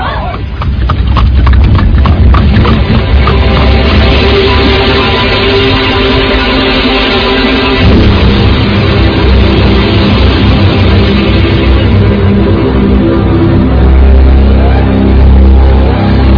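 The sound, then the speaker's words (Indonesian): An approaching horse-drawn carriage rumbles along, hooves clopping in a steady rhythm over the rolling, creaking wheels, loud and continuous throughout with a dense, busy mix of noise. “Pada saat perkelahian sedang seru-serunya, mendadak terdengar derak roda-roda kereta mendekat.”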